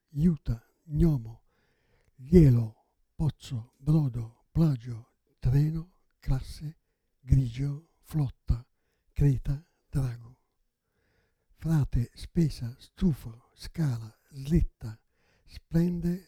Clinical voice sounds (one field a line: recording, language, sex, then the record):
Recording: read list of words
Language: Italian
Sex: male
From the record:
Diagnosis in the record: Parkinson's disease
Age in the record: 77 years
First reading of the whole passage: 65 s, 8.0 characters per second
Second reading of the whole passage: 61 s, 8.5 characters per second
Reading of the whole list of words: 50 s, 5.6 characters per second